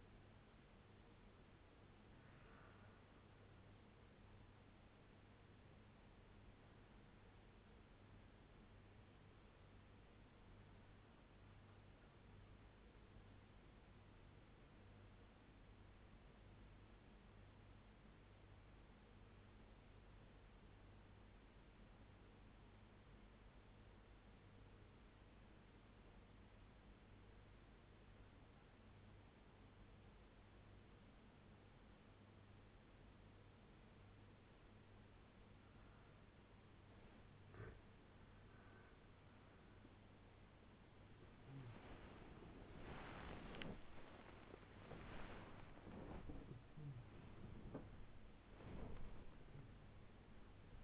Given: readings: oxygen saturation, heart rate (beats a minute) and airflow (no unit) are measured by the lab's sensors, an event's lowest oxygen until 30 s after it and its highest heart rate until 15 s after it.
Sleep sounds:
breathing in sleep by a voice recorder at the bedside; 1
4.00-38.30 s: obstructive apnea (N1, oxygen 95% highest, then 87% lowest, heart rate 80 at the start, 107 highest)
40.00-50.84 s: new sleep stage, awake
48.00-50.84 s: awake
From the record:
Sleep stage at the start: N1 (lightest sleep); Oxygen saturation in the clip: 87 to 95%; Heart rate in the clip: 52 to 94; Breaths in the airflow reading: 3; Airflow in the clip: -12.5 to 16.5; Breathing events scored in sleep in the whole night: 201 in 6.5 hours asleep

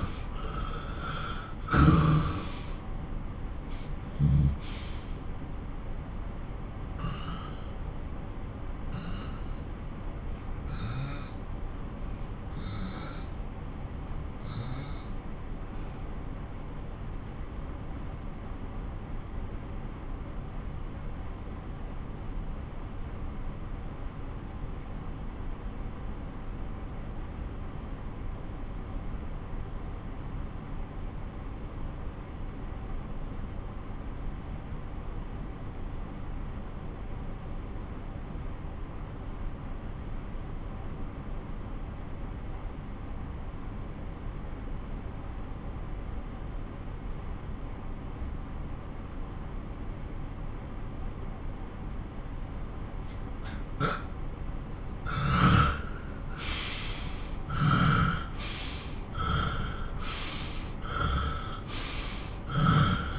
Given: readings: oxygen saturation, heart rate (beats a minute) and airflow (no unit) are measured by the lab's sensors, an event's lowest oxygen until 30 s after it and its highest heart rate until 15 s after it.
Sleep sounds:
breathing in sleep by a smartphone at the bedside; 1
4.00-51.80 s: obstructive apnea (N1, oxygen 95% highest, then 91% lowest)
14.00-44.00 s: new sleep stage, N2 (light sleep)
44.00-63.19 s: new sleep stage, N1 (lightest sleep)
From the record:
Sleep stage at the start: N1 (lightest sleep); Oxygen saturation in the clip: 87 to 95%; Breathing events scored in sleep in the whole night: 217 in 6.3 hours asleep

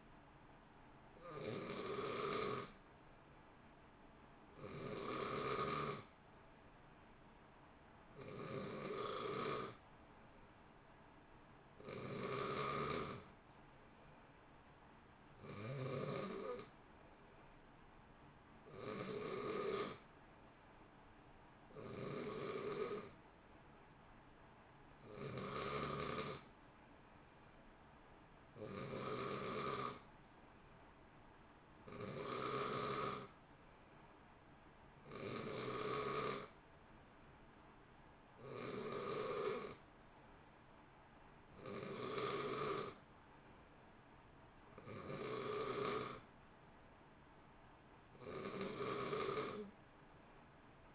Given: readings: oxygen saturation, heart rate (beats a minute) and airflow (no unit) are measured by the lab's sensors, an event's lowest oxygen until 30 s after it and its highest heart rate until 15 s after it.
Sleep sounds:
breathing in sleep by a voice recorder at the bedside; none
none scored
From the record:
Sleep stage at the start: N2 (light sleep); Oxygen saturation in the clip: 90 to 91%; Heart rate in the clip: 58 to 66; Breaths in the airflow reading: 16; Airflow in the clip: -0.7 to 0.8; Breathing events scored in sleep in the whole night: 328 in 6.3 hours asleep

